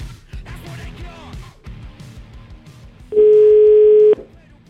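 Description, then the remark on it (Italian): A telephone dial tone sounds for about a second: one loud, steady, unwavering pitch that cuts in sharply and stops abruptly, over a rhythmic, pulsing background with some voice, as a call is placed from Radio 24 to the CARC. “Io farei una telefonatina a questi signori del CARC”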